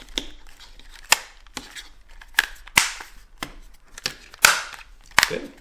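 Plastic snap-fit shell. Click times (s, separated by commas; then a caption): 2.4 s, 5.2 s. The two plastic halves of a PS5 game controller shell are pressed together along the sides, giving a series of sharp plastic snaps and clicks. The clips engage with snaps at 2.4 s and 5.2 s, and the shell halves are seated together.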